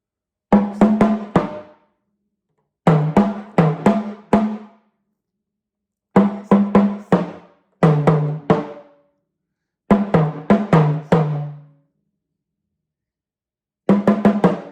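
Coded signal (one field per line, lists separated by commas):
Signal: talking drum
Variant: Yoruba, sakara drum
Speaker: I'm inserting one of my nephew's name in it and it goes like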